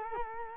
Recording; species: mosquito wingbeat signal from an infrared sensor; Culex quinquefasciatus